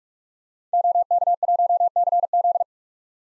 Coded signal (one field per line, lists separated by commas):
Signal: Morse code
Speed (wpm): 41 wpm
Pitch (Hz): 700 Hz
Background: none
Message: OK1CZ